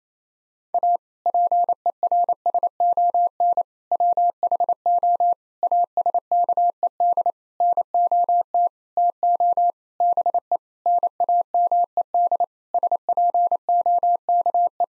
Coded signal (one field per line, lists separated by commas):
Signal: Morse code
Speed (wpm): 28 wpm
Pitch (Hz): 700 Hz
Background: none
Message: A PERSON WHO ASKED NOT TO BE NAMED SPOKE